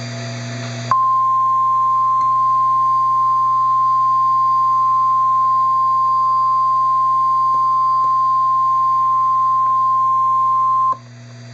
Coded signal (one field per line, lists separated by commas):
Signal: Emergency Alert System (SAME) tones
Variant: 1050 Hz attention tone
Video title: Real NOAA Weather Radio EAS Alerts #154 and #155